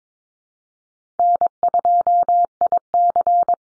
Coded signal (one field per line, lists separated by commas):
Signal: Morse code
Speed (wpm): 22 wpm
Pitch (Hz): 700 Hz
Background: none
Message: N2IC